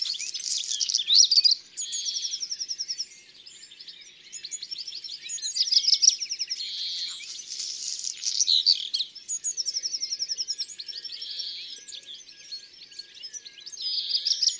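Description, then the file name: European greenfinch song, fast twittering trills alternating with several long, buzzy wheezes. "Verdier-d Europe-ABC-des-chants-doiseaux"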